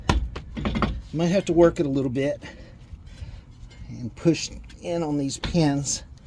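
A brake component is worked onto the caliper pins of a 2019 Lexus RX 350 front brake, with sharp knocks and handling noises near the start as someone talks about pushing in on the pins. Nothing has seated or clicked into place yet by the end of the clip.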